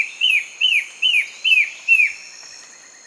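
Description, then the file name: Bird calling with five quick downward-slurred chirps in a steady series, then quiet, with a constant high-pitched insect hum behind. "SABIOD 50 bird 2015"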